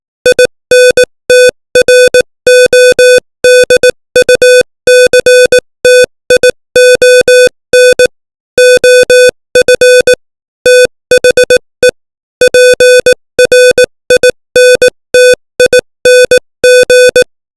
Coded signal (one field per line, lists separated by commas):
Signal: Morse code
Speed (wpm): 18 wpm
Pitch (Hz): 500 Hz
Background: music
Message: INTRODUCTION OF THE PRINTING